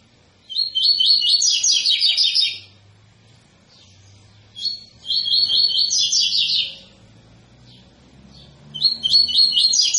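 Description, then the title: Double-collared seedeater delivering three similar high rattling phrases, the last cut off, separated by roughly two-second silences. Tui-tui song type from a 'fibra' bird; teacher song (canto professor) used for teaching young birds. "COLEIRO TUI TUI FIBRA CANTO PROFESSOR"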